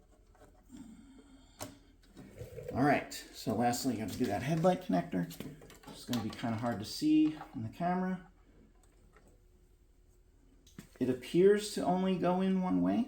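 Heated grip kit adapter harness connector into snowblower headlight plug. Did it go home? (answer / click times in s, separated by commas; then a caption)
no / none. Someone talks while handling and lining up the adapter harness connector of a heated grip kit with the headlight plug on an Ariens Deluxe 28 snowblower, a connector that only goes in one way. Only a few small handling ticks are heard between the talk, and the connector has not seated or clicked yet.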